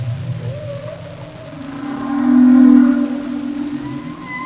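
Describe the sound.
Humpback whale song: a wavering tonal moan that swells into a loud, sustained mid-pitched hum, then fades, with faint higher whistled tones over soft background hiss.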